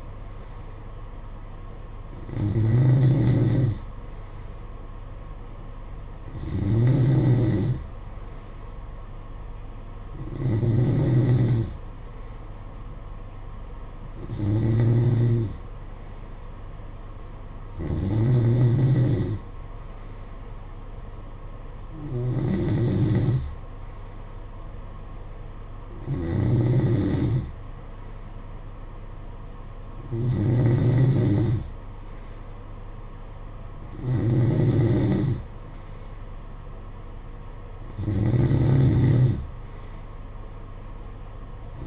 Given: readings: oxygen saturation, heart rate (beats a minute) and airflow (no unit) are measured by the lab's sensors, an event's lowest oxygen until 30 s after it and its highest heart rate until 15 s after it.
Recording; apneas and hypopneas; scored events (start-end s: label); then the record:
breathing in sleep by a smartphone at the bedside; none
29.00-41.87 s: new sleep stage, N2 (light sleep)
From the record:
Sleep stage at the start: N3 (deep sleep); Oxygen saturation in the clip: 92 to 93%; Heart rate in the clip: 54 to 58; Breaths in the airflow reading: 10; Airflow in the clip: -7.8 to 6.0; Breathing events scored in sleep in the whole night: 476 in 9.7 hours asleep